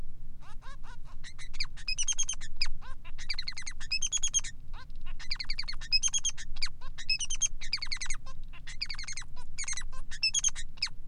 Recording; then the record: song of a male Bengalese finch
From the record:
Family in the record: son of father 3